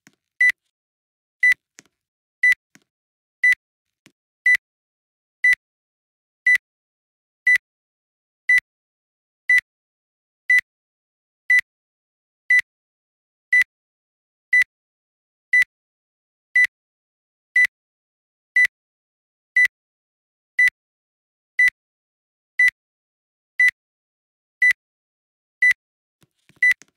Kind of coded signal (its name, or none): none